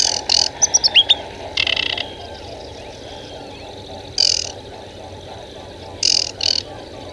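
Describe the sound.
Bird song: short bursts of high, buzzy chips and a few clear whistled notes, with long gaps between phrases over steady background noise.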